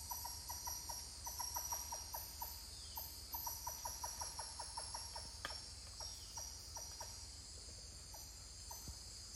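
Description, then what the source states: Titi monkey calls in bursts of rapid short notes, then thinning to scattered single hoots, over a persistent high-pitched insect chorus. More than one titi monkey calling.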